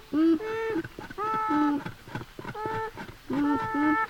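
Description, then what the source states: Beaver mumbling: whiny harmonic notes in four short bursts, each under a second, separated by short gaps. Mumbling vocalizations.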